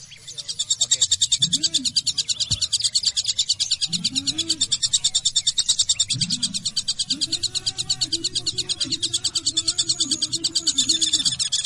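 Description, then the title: Java sparrow song of fast, high, clicking chirps running continuously, with several soft, low, rising-and-falling tones in the background. "kicau gelatik"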